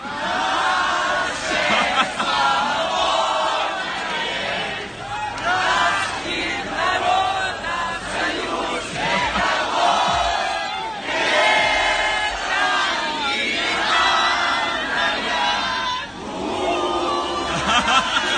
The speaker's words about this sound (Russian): они им там вслед кричали текст государственного гимна. Действительно, славься, Отечество наше свободное.